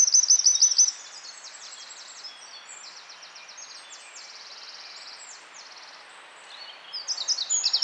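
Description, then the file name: Eurasian wren song, opening with a loud rapid trill, then long quieter stretches of fast high twittering, and loud trilling again near the close. "Troglodytes troglodytes"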